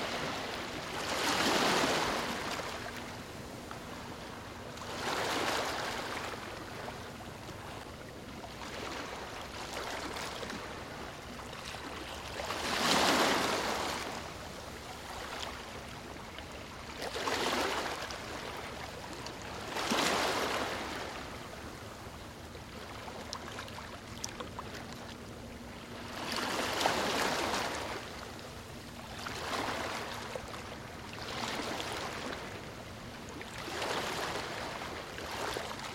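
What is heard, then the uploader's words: Ocean waves roll in and wash out in a steady rhythm, each swell rising to a hiss and fading every three to four seconds. Low rumbling water runs between breaks, with a faint, steady hum underneath. Calming Waves. Gentle ocean sounds. The rhythmic ebb and flow of the waves.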